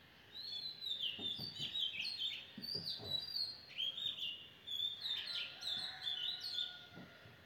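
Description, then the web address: Birds twittering in quick overlapping bursts of high, slurred chirps throughout, with soft low thumps now and then beneath the song. Birds singing in the morning. "sleep well sounds birds beautiful-morning-with-birds-chanting"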